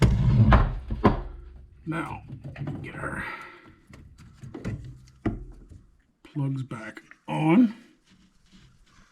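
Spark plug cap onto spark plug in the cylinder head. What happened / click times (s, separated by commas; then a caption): The cap is being handled but has not snapped onto the plug yet / none. Someone talks while handling spark plug caps, getting ready to push them back onto the spark plugs in the cylinder head of a KRX after a valve adjustment. A few sharp handling knocks and thunks are heard between the speech. No cap has snapped or seated onto its plug yet.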